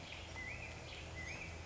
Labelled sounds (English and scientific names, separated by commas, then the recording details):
Black-headed Grosbeak (Pheucticus melanocephalus)
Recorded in Sonoma County, California